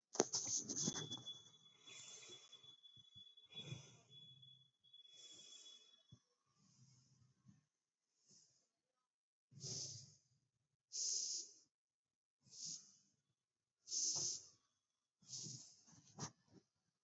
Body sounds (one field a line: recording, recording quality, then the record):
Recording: shallow breathing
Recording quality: excellent, no background noise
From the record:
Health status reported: exposed to COVID-19, no respiratory illness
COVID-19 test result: negative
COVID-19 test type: RT-PCR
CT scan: not taken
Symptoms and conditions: none ticked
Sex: female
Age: 23 years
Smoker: no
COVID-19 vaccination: both doses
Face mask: not worn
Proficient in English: yes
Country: India